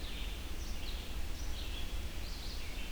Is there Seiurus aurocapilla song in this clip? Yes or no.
no